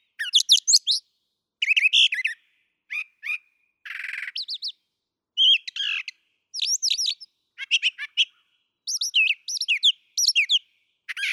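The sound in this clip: Brown thrasher song, a lively series of doubled phrases, buzzy, chattering and whistled, jumping between high and lower pitches.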